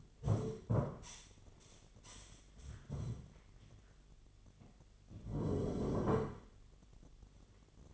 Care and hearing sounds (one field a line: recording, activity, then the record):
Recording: daily activity, microphone in the room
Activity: stand up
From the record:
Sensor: 4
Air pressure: 1008.7 hPa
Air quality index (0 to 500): 170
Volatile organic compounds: 4 ppm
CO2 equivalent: 1702 ppm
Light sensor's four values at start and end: 23/72/27/26 and 23/72/27/26